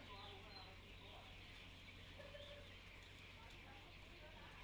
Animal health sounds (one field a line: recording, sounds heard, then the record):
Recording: poultry house recording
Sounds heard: healthy chickens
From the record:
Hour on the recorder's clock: 10